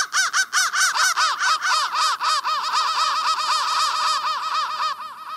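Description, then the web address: Crow chorus: continuous loud, harsh caws repeated quickly and overlapping throughout, easing slightly toward the end. "soundfactory crow"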